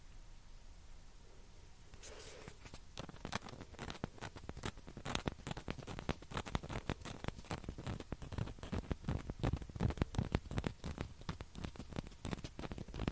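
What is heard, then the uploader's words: Tapping and scratching with a ping pong ball. The first two seconds are near silent, then dense, fast, irregular taps and scratchy rubbing begin and continue, growing slightly louder toward the end. ASMR TAPPING AND SCRATCHING WITH PING PONG BALL.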